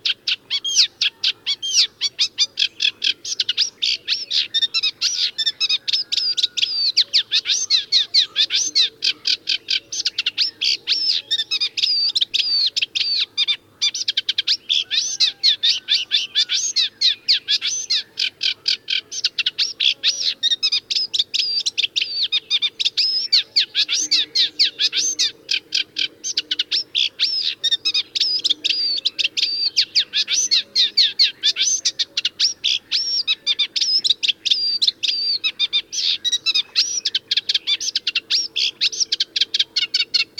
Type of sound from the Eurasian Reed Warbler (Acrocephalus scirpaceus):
song